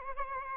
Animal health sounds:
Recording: mosquito wingbeat signal from an infrared sensor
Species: Aedes albopictus

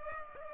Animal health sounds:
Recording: mosquito wingbeat signal from an infrared sensor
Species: Culex pipiens

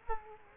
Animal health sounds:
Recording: mosquito wingbeat signal from an infrared sensor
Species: Culex quinquefasciatus

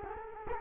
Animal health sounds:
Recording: mosquito wingbeat signal from an infrared sensor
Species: Culex quinquefasciatus

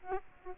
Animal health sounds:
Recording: mosquito wingbeat signal from an infrared sensor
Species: Aedes aegypti

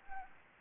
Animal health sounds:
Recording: mosquito wingbeat signal from an infrared sensor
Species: Anopheles arabiensis

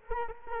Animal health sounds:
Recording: mosquito wingbeat signal from an infrared sensor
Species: Culex quinquefasciatus

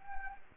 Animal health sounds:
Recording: mosquito wingbeat signal from an infrared sensor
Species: Anopheles gambiae

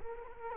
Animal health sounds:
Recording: mosquito wingbeat signal from an infrared sensor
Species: Culex quinquefasciatus

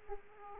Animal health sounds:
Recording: mosquito wingbeat signal from an infrared sensor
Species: Aedes aegypti

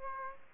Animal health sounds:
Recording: mosquito wingbeat signal from an infrared sensor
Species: Aedes aegypti

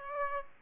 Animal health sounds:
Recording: mosquito wingbeat signal from an infrared sensor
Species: Aedes aegypti

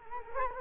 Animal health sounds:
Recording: mosquito wingbeat signal from an infrared sensor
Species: Culex quinquefasciatus

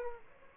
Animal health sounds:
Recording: mosquito wingbeat signal from an infrared sensor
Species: Aedes aegypti

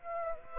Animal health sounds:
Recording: mosquito wingbeat signal from an infrared sensor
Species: Aedes aegypti

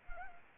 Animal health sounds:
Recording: mosquito wingbeat signal from an infrared sensor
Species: Anopheles arabiensis

